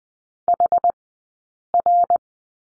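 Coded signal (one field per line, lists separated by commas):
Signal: Morse code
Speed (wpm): 20 wpm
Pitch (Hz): 700 Hz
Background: none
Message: HR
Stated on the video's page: Morse code lesson drill on the number 6, two characters, sent with Farnsworth spacing at 20/10 wpm.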